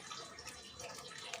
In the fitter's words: Bunyi klik ini berarti terkunci.